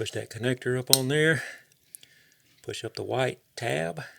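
Someone talks while pushing an electrical connector onto an ignition coil on a 2011 Cadillac SRX with the LF1 3.0 engine, then pushes up the white plastic locking tab that locks the connector on and keeps it from coming off. A few faint, brief ticks sound in a quiet gap between the talking. Nothing has seated or clicked yet.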